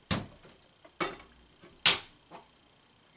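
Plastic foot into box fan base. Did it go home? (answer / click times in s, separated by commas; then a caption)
yes / 1.9 s. A plastic foot is being fitted onto the base of a Lasko Power Plus box fan, with sharp knocks at about 0.1 s and 1.0 s and fainter taps in between. A loud, bright snap at 1.9 s marks the foot seating firmly into place, followed by one softer tap around 2.3 s.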